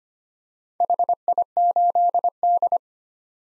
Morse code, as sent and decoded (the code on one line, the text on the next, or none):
.... .. ---.. -..
HI8D